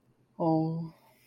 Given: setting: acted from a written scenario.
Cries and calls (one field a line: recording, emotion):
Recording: vocal sound without words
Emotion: sympathy